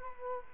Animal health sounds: mosquito wingbeat signal from an infrared sensor; Culex quinquefasciatus

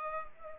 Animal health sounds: mosquito wingbeat signal from an infrared sensor; Culex pipiens

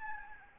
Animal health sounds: mosquito wingbeat signal from an infrared sensor; Aedes albopictus

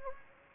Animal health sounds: mosquito wingbeat signal from an infrared sensor; Anopheles gambiae

